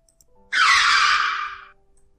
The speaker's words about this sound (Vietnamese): Tiếng bánh xe miết dài trên mặt đường khiến thằng ngồi bên lái phụ rúi về đằng trước. Tiếng phanh gấp của chiếc xe chạy với tốc độ cao khiến cho những người đang xung quanh cô gái tất cả đều phải quay đầu nhìn lại.